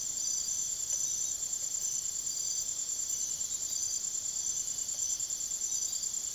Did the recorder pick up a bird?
no